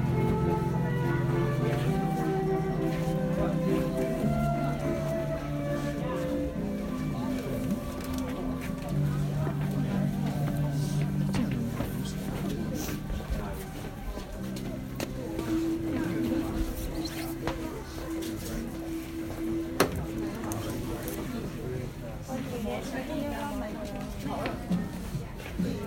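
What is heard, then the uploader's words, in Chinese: Street ambience from Nanluoguxiang, a busy Beijing lane, with a steady crowd of voices talking throughout. A low droning tone shifts between pitches, like music playing, rising to a higher held note midway. Scattered clicks and knocks punctuate the chatter. 声音来自南锣鼓巷。南锣鼓巷是一条胡同，位于北京中轴线东侧的交道口地区。现在还是由南向北单行线，还未完全改造成步行街，车辆可通行。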